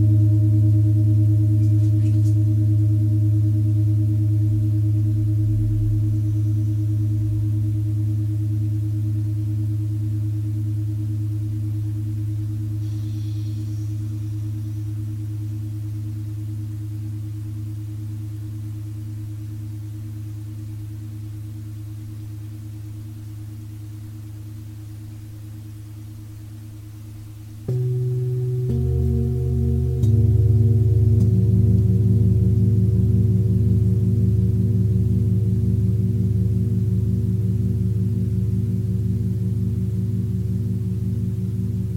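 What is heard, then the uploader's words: A Tibetan singing bowl rings with a deep, steady hum and layered overtones that slowly fade over nearly half a minute. Around the 28-second mark it is struck again, the tone jumping louder and brighter before settling into a sustained, shimmering ring. Tibetan Singiing Bowl のサウンドヒーリングチャンネル LIVE.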